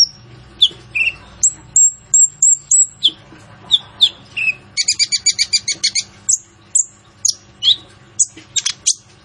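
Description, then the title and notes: Kolibri Ninja song of thin high whistles repeated in a short series, a fast buzzy trill, then more sharp slurred chirps. Masteran training recording for teaching songbirds; full fill-ins and 'tembakan' phrases, described as gacor (singing actively), suitable as a lure. "MASTERAN KOLIBRI NINJA TERBAIK FULL ISIAN DAN TEMBAKAN MEWAH COCOK BUAT PANCINGAN. Suara Burung Kolibri Ninja Gacor"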